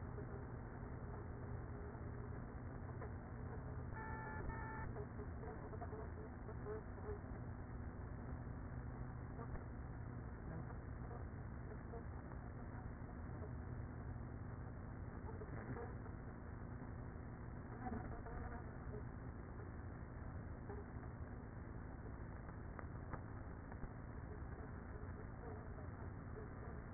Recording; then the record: honeybee colony, microphone inside the hive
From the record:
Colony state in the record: queenless with a low population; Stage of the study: after two queens were removed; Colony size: about 30,000 bees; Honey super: no